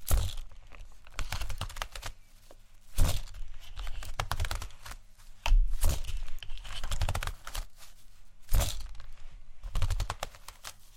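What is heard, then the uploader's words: ASMR triggers made of dense, irregular crackling and clicking, like crinkling or tapping on a hard surface. Heavier bursts with a low thud land at the start and around 3, 5.5 and 8.5 seconds, and a faint low hum runs underneath. ASMR Assortment Of Relaxing RED Triggers.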